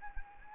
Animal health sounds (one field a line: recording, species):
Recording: mosquito wingbeat signal from an infrared sensor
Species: Anopheles arabiensis